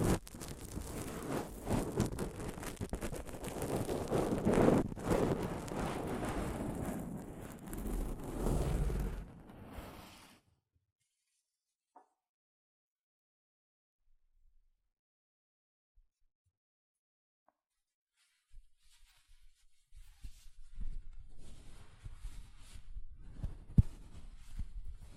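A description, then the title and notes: Soft fabric brushes against a microphone, making a dense, rough rustling with heavy low rumble for the first ten seconds. Near silence follows for about eight seconds, broken by a few tiny ticks. From about eighteen seconds lighter, patchier brushing returns with scattered scrapes and bumps. ASMR Mic Brushing using Soft Fabric (No Talking).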